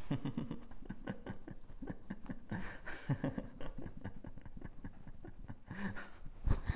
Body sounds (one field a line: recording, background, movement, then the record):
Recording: laughter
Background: quiet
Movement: sitting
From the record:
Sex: male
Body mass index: 22.0 kg/m2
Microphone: on the chest, facing outward